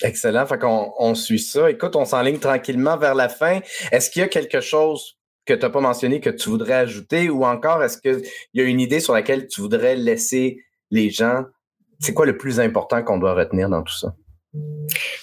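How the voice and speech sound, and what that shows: A man speaks fluent Quebec French with clear voice and normal pauses; ordinary speech, no disorder.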